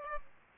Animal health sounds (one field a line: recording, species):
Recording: mosquito wingbeat signal from an infrared sensor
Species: Aedes albopictus